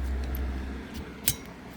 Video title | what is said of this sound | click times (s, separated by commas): Nissan Versa - How to install windshield wiper blades on year models 2020 2021 2022 2023 and 2024 | and it snaps into place, and that's it. | 1.3 s